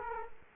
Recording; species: mosquito wingbeat signal from an infrared sensor; Culex quinquefasciatus